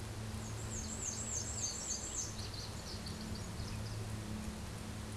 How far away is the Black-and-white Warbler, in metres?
about 20 m